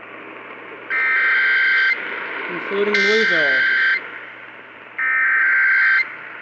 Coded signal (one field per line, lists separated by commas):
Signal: Emergency Alert System (SAME) tones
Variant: header bursts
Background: speech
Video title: Some Brief Tornadic Goodness... | EAS #2364-2370 (Severe Weather Alerts from 3/18/2022)